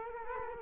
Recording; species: mosquito wingbeat signal from an infrared sensor; Culex quinquefasciatus